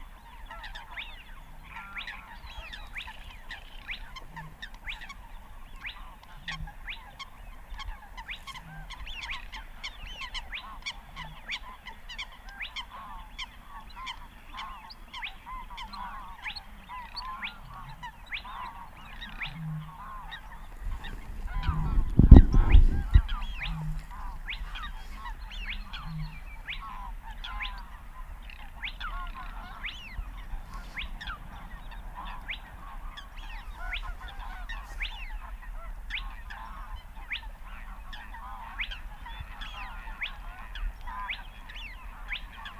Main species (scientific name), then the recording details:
Porzana porzana. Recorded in the wild. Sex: male. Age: adult. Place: Kützerhof, Kummerower See, Mecklenburg-Vorpommern, DE. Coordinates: 53.8453, 12.8408. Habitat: wetland. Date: 2009-05-05 21:32. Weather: bewölkt, fast windstill, 10°C. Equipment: Sound Devices 702, Sennheiser MKH 70, Rycote Windschutz. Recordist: Frommolt, Karl-Heinz